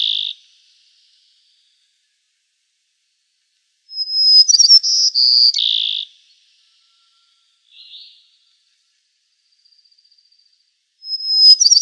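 White-crowned sparrow song repeated: a high whistle, jumbled chirps, then three held notes dropping in pitch, a short soft note, faint buzz, and another phrase starting.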